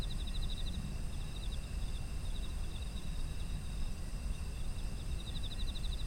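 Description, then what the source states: Insect chirps come in fast pulsed runs at the start, middle and end, layered over unbroken high trills and a low steady rumble. Autumn insects; environmental ambience.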